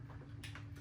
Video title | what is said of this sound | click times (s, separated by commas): Haslab Transformers: War For Cybertron UNICRON Video Review | Locking that piece down, and then this will come around, and this also has a lock | 0.4 s